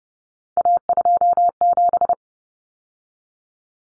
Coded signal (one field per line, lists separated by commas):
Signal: Morse code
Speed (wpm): 30 wpm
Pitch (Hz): 700 Hz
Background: none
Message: A27